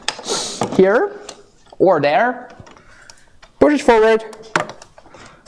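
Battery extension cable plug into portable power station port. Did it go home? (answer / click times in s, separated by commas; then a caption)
yes / 4.6 s. A battery extension cable plug is pushed forward into a portable power station port while someone talks. A sharp click at 4.6 s marks the plug seating, followed by a few faint handling taps.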